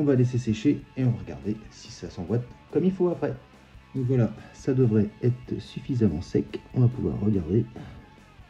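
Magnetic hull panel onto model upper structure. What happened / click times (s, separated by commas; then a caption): The panel has not seated yet; no snap is heard / none. Someone talks over background music while handling a plastic magnetic hull panel of a Millennium Falcon model ship, with glued-in magnets left to dry, that will be fitted onto the model's upper structure to check that it holds. Nothing has seated or clicked yet.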